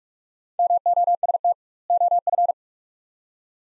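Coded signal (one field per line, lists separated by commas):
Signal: Morse code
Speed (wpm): 43 wpm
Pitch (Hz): 700 Hz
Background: none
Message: MOST OF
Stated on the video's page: Morse practice of two-word sets at 45 wpm with 2x word spacing, a Farnsworth-like method; sent, spoken, then resent.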